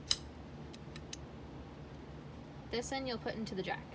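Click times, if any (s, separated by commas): 0.1 s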